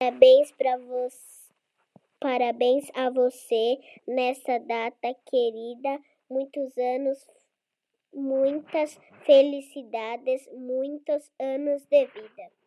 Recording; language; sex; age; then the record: short text; Brazilian Portuguese; female; 30 to 39 years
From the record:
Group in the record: control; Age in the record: 36 years